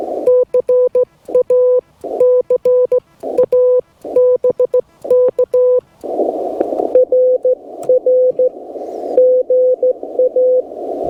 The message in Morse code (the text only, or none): CA CA BK RR GA